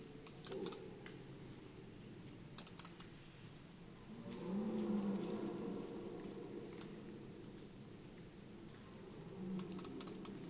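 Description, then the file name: European robin uttering repeated bursts of hard, clicking ticks every few seconds, above a faint low rumble. "Erithacus rubecula"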